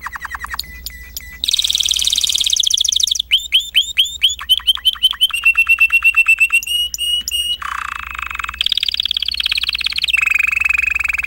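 Timbrado canary song of fast trills and metallic repeated notes changing every second or two, including bell-like clicks and lower rolling phrases.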